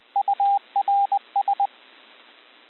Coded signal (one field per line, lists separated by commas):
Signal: Morse code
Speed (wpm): 20 wpm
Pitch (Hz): 800 Hz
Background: radio noise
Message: URS